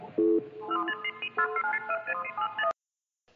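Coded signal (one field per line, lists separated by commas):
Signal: none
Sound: music jingle notes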